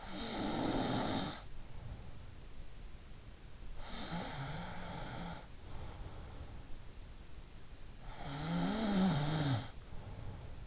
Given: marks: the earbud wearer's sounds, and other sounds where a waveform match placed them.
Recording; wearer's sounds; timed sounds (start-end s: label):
sounds in sleep by an in-ear microphone; snoring breath
0.00-2.14 s: snoring breath
3.82-6.78 s: snoring breath
8.29-10.67 s: snoring breath